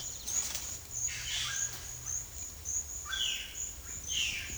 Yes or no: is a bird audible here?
yes